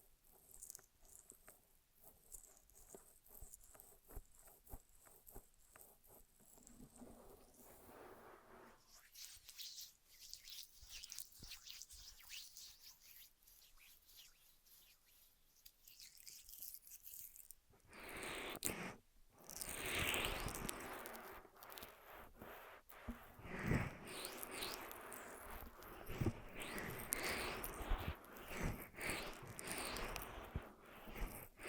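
Ear massage sounds: soft rubbing, tapping and crackling brushes against the microphone in irregular bursts. The first nine seconds are quick light taps, followed by a quieter stretch of faint scratching, then from about 18 seconds dense, louder rustling and friction continue to the end.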